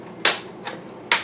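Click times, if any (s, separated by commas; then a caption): 0.2 s, 1.1 s. The plastic lid of a countertop vacuum food sealer is closed over a bag and pressed down on both sides until each side latches onto the base. Two loud, sharp clicks ring out at 0.3 s and 1.1 s, with a much softer tick at about 0.7 s in between. Both sides of the lid latch shut and the lid is seated.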